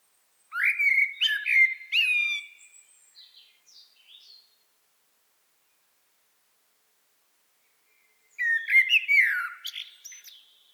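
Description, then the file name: Common blackbird song: a loud warbling whistled phrase fading into soft twitters, then after a long pause another fluty phrase with a descending ending. "Turdus merula"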